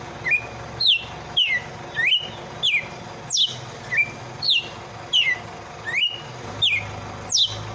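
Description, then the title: Red-cowled cardinal singing a brisk series of clear whistled notes, a mix of downslurred and upswept, roughly twelve in eight seconds, with a soft low hum beneath. Female. "Canto Galo Campina Fêmea"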